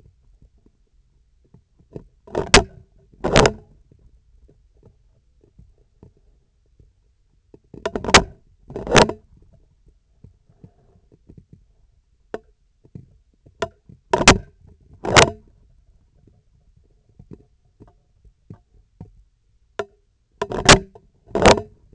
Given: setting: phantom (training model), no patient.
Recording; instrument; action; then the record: laparoscopic instrument, vibration sensor on the handle end; scissors; opening and closing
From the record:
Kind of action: tool actuation without material contact